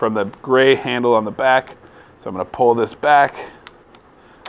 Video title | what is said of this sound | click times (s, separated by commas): How to use the Tripods | let that click into place and then just hit that to make sure it's nice and snug and there you go | 4.5 s